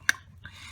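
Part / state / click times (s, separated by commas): plastic fitting into valve cover / seated / 0.1 s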